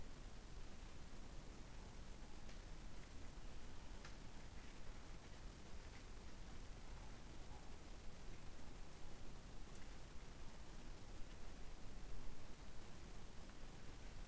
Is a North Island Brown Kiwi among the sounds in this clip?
no